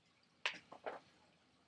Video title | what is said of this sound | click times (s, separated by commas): Repairing my MACBOOK computerwww.LaptopScreen.com | make sure you hear a snap click | 0.5 s